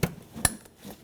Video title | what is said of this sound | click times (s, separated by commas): How to Replace Headlight Assembly 2012-2019 Fiat 500 | But just find the plug for it and press it until it clicks on. | 0.4 s